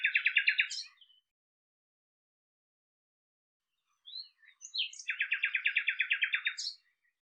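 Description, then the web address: Common nightingale song: a rapid trill already under way at the start, then a few seconds of quiet, then short chirps leading into a long, fast, even trill of repeated notes. "cianscape birddata Deverinetal 2025"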